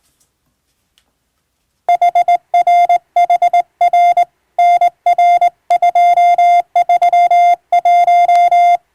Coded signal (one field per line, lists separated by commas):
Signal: Morse code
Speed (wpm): 19 wpm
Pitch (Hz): 700 Hz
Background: none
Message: HRHR NR231